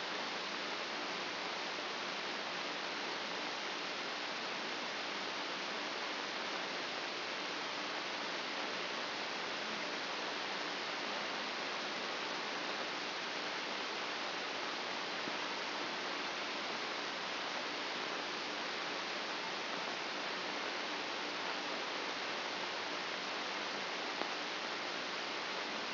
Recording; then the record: brain microelectrode recording played as sound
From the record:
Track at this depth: inside the subthalamic nucleus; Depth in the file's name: 3.431 mm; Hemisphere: left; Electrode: 2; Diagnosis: Parkinson's disease